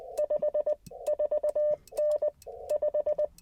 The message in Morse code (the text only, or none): 54N 5